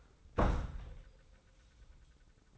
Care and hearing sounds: daily activity, microphone in the room; close door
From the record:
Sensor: 3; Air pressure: 990.4 hPa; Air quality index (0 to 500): 172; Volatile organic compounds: 1000 ppm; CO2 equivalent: 5566 ppm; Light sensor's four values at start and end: 48/113/46/44 and 48/113/46/44

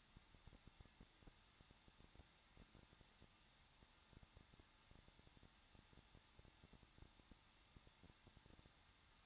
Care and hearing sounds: daily activity, microphone in the room; no activity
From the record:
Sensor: 3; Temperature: 21.2 degrees Celsius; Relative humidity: 36.4%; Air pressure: 1006.3 hPa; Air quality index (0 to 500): 223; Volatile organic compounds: 43 ppm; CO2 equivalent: 3191 ppm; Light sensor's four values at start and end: 2/3/2/2 and 2/3/2/2

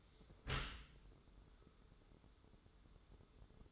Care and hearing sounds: daily activity, microphone in the room; close dishwasher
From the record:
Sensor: 3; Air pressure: 1015.0 hPa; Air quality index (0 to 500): 40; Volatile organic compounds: 1 ppm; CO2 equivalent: 595 ppm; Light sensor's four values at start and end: 12/27/11/11 and 12/27/11/11

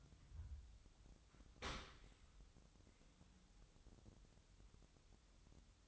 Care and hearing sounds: daily activity, microphone in the room; open dishwasher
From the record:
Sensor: 3

